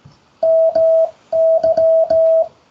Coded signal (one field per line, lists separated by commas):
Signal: Morse code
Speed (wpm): 16 wpm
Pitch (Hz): 650 Hz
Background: none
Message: MY